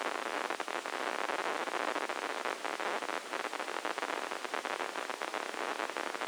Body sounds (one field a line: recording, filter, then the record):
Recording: brain microelectrode recording played as sound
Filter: spike band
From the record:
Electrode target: subthalamic nucleus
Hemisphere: left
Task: reaching with the right hand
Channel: 1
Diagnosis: Parkinson's disease